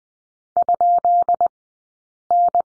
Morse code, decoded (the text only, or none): ?N